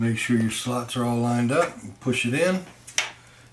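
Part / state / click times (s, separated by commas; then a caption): drive carrier latch into computer case bay / seated / 3.0 s. Someone talks while a drive carrier is lined up with its slots and pushed into a computer case bay. A faint tap at 2.9 s is followed by a sharp snap at 3.0 s as the carrier's plastic latch snaps into place, and the carrier is seated.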